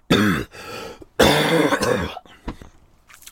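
Two harsh, dry hacking coughs from an adult man who has been ill for a long time with an infection; the mucus has cleared, leaving a very dry cough.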